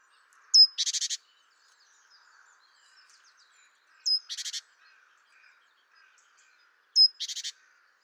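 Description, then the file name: Great tit calling three times: each bout a piercing high note then a short dry buzzing rattle, about three seconds apart. "Parus major"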